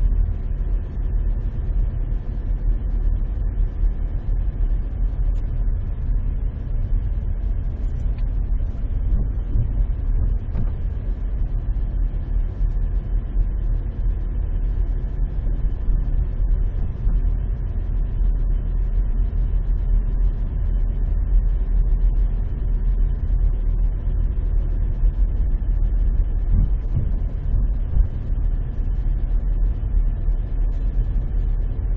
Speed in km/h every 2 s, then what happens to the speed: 9, 9, 8, 9, 9, 10, 10, 10, 10, 10, 10, 10, 9, 8, 9, 10.
0-32 steady at about 9.